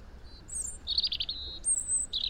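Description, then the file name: European robin song phrase: a high thin whistle, a lower warble, then a long piercing very high note and a closing chirp, with light background hiss. "Erithacus rubecula"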